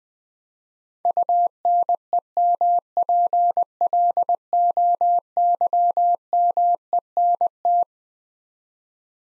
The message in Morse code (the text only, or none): UNEMPLOYMENT